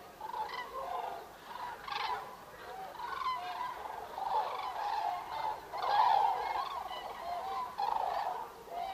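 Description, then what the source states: Common crane flock trumpeting, loud rolling calls swelling and fading in bursts. Recorded 5 November 2018.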